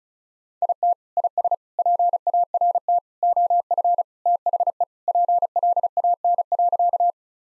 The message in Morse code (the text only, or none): IT IS PART OF THE PLAN.